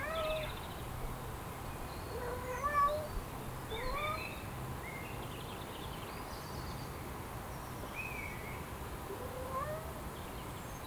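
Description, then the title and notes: Cat giving several short, bending meows spread throughout, mixed with scattered high bird chirps and faint low background hum. Cat asking to enter a house, in a garden of a very quiet neighborhood in Quéven, France; birds also present; recorded with TASCAM DR07 internal mics. "Un chat demande entrer à la maison"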